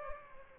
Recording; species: mosquito wingbeat signal from an infrared sensor; Aedes aegypti